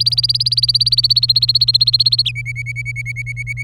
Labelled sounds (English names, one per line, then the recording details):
Domestic Canary song
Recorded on 27 April 2018 at 14:13
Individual llb3